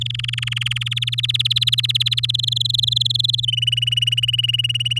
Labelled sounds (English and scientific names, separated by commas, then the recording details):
Domestic Canary (Serinus canaria) song
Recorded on 8 May 2018 at 12:47
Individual llb16